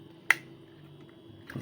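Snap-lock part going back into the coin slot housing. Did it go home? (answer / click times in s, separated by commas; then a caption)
yes / 0.3 s. A snap-lock coin slot part is pressed back into its coin slot housing without screws until it locks. One sharp snap is heard at 0.3 s as it clicks home and seats. A fainter, lower sound follows around 1.5 s.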